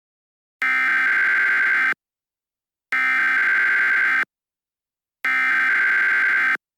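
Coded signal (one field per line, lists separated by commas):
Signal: Emergency Alert System (SAME) tones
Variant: header bursts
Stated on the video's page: Fictional EAS scenario using valid EAS tones.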